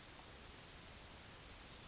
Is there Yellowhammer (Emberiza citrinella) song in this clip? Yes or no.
yes